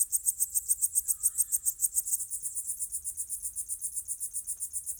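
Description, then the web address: Cricket chorus of rapid high pulses, regular and continuous, with one short faint call near the start. Summer night ambience. "Crickets_owls_summer night. Ivo Vicic - Natural ambiences vol 1"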